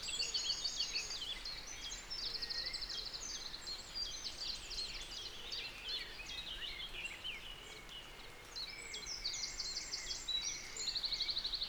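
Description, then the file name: Eurasian wren song: high, fast trills and chattering notes in repeated bursts over a steady background hiss. "Troglodytes troglodytes"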